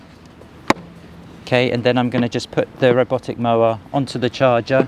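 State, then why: Seated. A battery pack is slid into the rear battery compartment of a WORX WR130E S300 Landroid robotic lawn mower, with the rear of the mower lifted, and it latches with a sharp click at 0.7 s. Someone then talks as the battery sits seated in its bay.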